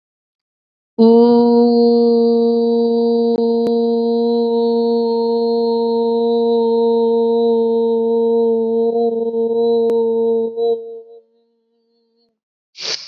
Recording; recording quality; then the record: sustained vowel as in boot; excellent, no background noise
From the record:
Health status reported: COVID-19 positive, mild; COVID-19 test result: positive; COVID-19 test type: RT-PCR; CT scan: not taken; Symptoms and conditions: cough, sore throat, fever, fatigue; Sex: female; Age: 24 years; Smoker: no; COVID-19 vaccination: both doses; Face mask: not worn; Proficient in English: yes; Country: India